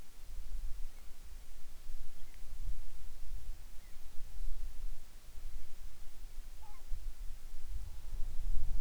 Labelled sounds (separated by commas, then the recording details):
bird, insects
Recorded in the Arctic National Wildlife Refuge, Alaska, on 10 July 2019 at 18:41
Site 44